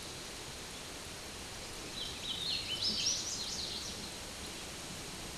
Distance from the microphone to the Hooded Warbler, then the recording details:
about 25 m. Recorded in a Pennsylvania forest on 18 May 2023 at 10:21. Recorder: AudioMoth, point grid1_16_low. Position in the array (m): 251 m, 151 m